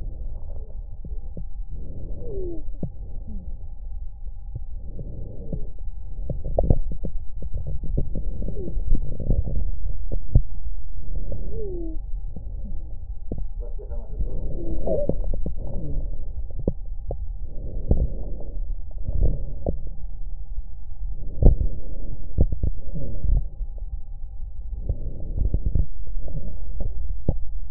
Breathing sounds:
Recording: lung sounds by stethoscope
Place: left posterior basal chest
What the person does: quiet breathing, then deep breathing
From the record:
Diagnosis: asthma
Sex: female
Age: 56 years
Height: 161 cm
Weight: 85 kg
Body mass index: 32.8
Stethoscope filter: extended mode

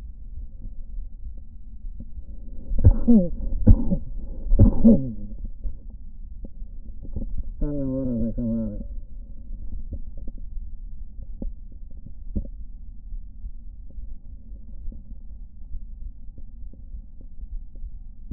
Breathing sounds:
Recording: lung sounds by stethoscope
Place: left anterior apical chest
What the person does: quiet breathing, then cough and speech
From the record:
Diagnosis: COPD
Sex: male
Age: 64 years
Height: 166 cm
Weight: 92.7 kg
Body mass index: 33.6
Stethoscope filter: diaphragm mode

